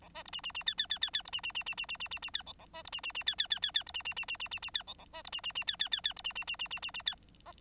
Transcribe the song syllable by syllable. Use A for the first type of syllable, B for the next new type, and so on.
A B C D D D E E E E E C D D D D D D D D D E A A B C D D D E E E E E C D D D D D D D E A A B C D D D E E E E C D D D D D D D E F